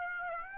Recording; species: mosquito wingbeat signal from an infrared sensor; Aedes aegypti